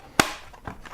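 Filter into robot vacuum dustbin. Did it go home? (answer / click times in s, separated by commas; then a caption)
yes / 0.2 s. A plastic filter, with its lugs lined up, is pushed into the dustbin of a Neato Botvac D4 Connected robot vacuum. A sharp, loud snap at 0.2 s shows it seating, followed by fainter taps around 0.7 s, 0.9 s and 1.0 s. The filter snaps into place.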